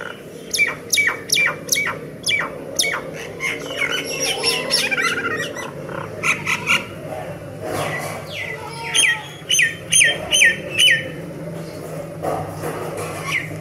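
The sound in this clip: Myna calls in rapid series: sharp, harsh squawking notes with whistled edges, several bursts separated by short pauses, against a low steady hum.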